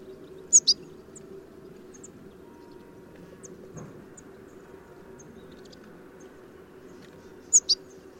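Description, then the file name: European goldfinch call, a sharp high double note near the start and again about seven seconds later, with faint ticks between over a low hum. "Carduelis carduelis"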